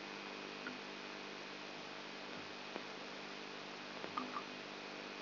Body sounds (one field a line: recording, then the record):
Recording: brain microelectrode recording played as sound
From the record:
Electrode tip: inside the subthalamic nucleus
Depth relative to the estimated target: 0 mm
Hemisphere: left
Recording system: AlphaMap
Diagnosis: Parkinson's disease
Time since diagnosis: 12 years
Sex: female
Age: 59 years